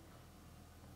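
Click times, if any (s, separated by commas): none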